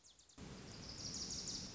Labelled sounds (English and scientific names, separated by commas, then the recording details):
Wilson's Warbler (Cardellina pusilla)
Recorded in Sonoma County, California